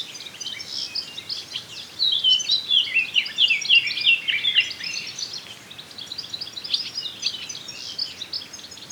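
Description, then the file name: Eurasian blackcap singing a hurried, scratchy warble of mixed notes and clearer whistles. The burst swells around the middle, then fades into quieter chatter. "Sylvia atricapilla"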